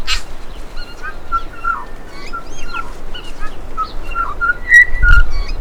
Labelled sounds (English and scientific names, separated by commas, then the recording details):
New Zealand Bellbird (Anthornis melanura) song
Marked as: Cough(short), Stutter_Stutter(CUV+haha), Alarmy(twobitCUV+io), Pipe(E[6]+), Chortle_Ghh, Cheesy, CUVsqueak, Alarmy(short+up), Pipe(D#[6]+)
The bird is a male
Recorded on Cuvier Island, New Zealand, on 5 November 2016
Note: BuzzWheezeTrumpet